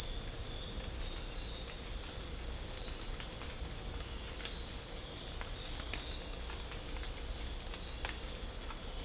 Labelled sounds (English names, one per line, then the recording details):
none
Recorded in dense forest near Puerto Asís, Putumayo, Colombia, on 16 December 2024 at 18:00
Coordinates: 0.499, -76.324
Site G045